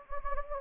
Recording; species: mosquito wingbeat signal from an infrared sensor; Anopheles gambiae